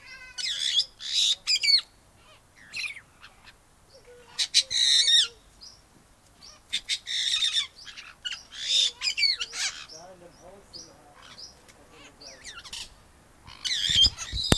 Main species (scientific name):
Pionites melanocephalus